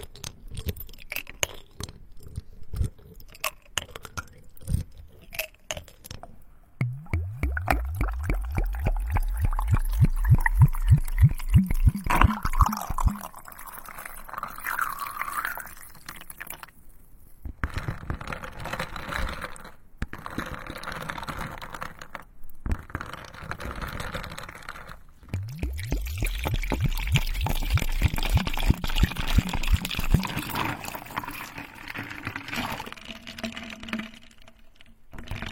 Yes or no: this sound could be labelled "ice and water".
yes